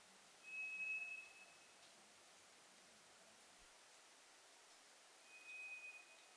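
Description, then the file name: White's thrush song: two long, thin, steady whistles, one near the start and one near the end, separated by quiet hiss. Recorded 2 July 2007. "toratugumi 20070702"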